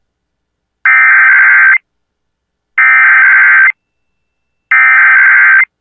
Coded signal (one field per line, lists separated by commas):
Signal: Emergency Alert System (SAME) tones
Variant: header bursts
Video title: NorCal and CenCal Monthly and Weekly Tests (EAS #13522-13548) 10/10/23